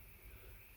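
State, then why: Not seated. A click-type torque wrench is turned on the centre inlet cylinder head stud nut of a restored Triumph Trident T160 motorcycle engine. Only a steady low rumble and broadband hiss are heard, with no distinct transient. The wrench has not clicked yet, and the nut is still well short of its torque setting.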